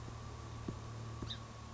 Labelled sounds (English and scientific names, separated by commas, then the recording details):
House Finch (Haemorhous mexicanus)
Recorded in Sonoma County, California